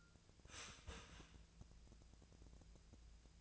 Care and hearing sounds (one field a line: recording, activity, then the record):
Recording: daily activity, microphone in the room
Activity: start toaster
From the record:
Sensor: 2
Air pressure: 1000.0 hPa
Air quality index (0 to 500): 149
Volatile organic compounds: 2 ppm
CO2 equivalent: 1261 ppm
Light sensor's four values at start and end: 26/65/28/30 and 26/65/28/30